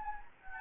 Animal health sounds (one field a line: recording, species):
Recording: mosquito wingbeat signal from an infrared sensor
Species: Anopheles gambiae